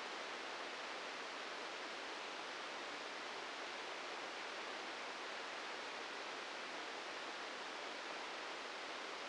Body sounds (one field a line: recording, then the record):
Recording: brain microelectrode recording played as sound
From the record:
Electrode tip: inside the subthalamic nucleus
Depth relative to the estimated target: -1 mm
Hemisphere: right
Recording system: NeuroSet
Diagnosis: Parkinson's disease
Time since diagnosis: 8 years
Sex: male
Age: 59 years